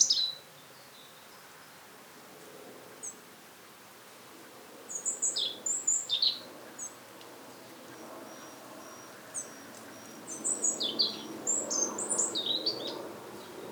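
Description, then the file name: European robin song: scattered high, thin warbled phrases with silent gaps, becoming busier toward the end, over faint background noise. "Erithacus rubecula"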